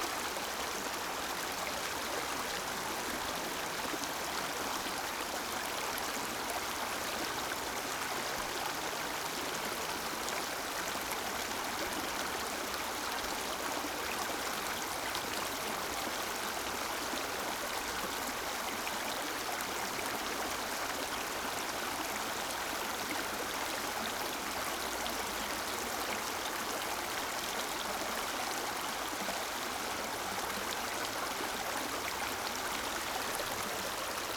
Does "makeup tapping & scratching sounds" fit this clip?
no